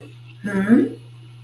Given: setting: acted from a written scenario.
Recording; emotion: vocal sound without words; confusion